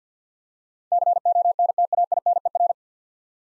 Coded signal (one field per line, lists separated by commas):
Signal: Morse code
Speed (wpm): 50 wpm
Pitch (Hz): 700 Hz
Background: none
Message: CONTAINER